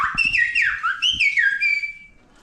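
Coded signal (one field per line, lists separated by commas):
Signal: whistled language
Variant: Silbo Gomero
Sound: a loud, shrill whistle sliding up and down in pitch, like whistled syllables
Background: room noise, low thumps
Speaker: The whistling demonstration.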